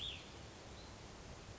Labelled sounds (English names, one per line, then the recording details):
Cassin's Vireo
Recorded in Sonoma County, California